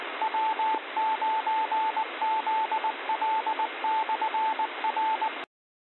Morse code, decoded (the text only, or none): W9ZL/R